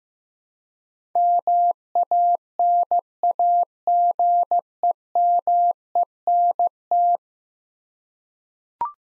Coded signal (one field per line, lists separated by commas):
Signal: Morse code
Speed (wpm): 15 wpm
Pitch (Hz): 700 Hz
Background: none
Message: MANAGEMENT